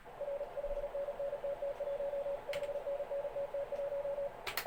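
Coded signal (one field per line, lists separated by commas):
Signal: Morse code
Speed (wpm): 36 wpm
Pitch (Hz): 570 Hz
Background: radio noise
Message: R 5NN TT1 5NN TT1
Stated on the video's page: Simulated contest Morse generated by Morse Runner at around 35 wpm for receiving practice.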